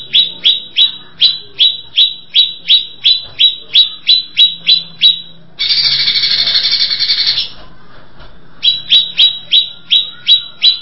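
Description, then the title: Greater Green Leafbird singing a rapid run of sharp, falling whistled notes, interrupted by a couple of seconds of harsh buzzy chatter before the falling notes resume. "Cucak ijo"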